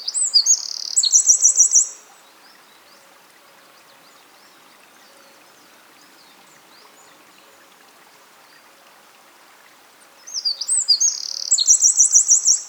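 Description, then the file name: Eurasian wren song: two loud bursts of very high, fast warbling notes, each ending in a rattling trill, separated by about eight seconds of quiet. "Troglodytes troglodytes"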